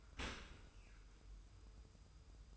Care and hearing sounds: daily activity, microphone in the room; open dishwasher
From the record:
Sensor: 2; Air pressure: 990.3 hPa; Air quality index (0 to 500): 209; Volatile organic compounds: 1000 ppm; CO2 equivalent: 6707 ppm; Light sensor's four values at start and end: 26/62/25/25 and 26/62/25/25

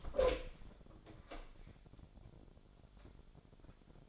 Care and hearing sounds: daily activity, microphone in the room; open door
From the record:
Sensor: 5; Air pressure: 1007.3 hPa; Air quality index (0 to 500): 164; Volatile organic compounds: 4 ppm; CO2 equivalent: 1568 ppm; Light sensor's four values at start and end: 55/157/61/61 and 56/158/61/61

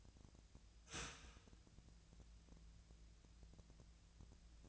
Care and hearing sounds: daily activity, microphone in the room; start toaster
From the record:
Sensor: 2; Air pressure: 1009.2 hPa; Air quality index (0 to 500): 186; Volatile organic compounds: 11 ppm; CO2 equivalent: 2314 ppm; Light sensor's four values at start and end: 23/57/24/26 and 23/57/24/26

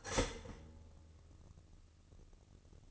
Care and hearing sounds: daily activity, microphone in the room; start toaster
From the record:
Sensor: 4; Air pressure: 1007.9 hPa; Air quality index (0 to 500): 105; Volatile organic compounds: 1 ppm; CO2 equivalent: 780 ppm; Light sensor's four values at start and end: 8/18/7/7 and 8/19/7/7

